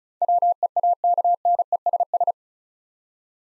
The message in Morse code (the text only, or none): WEAKNESS